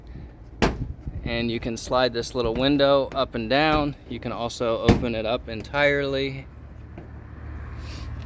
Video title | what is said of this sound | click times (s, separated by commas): 4751-T: 2020 Jayco North Point | It simply pops into place | 0.6 s